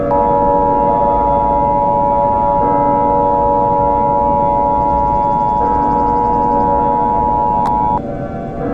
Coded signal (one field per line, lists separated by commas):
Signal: Emergency Alert System (SAME) tones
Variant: 853 and 960 Hz attention tone